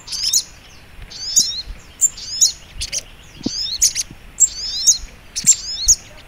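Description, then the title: Spiderhunter song of high squeaky twittering phrases with quick downward notes, repeated several times. Masteran training recording for teaching songbirds; labelled Labaik. "Sogok Ontong Labaik"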